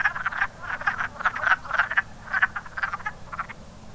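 Wood frog chorus of short clucking, duck-like croaks, many overlapping in quick uneven bursts.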